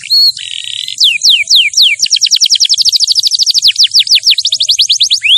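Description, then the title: Canary song: a brief buzzy note, then a long, even series of quick descending chirps. Champion canary song used as a master recording for training other birds to sing. "Masteran Kenari Juara"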